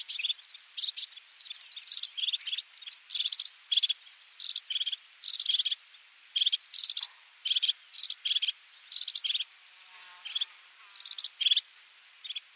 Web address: fire fronted serin call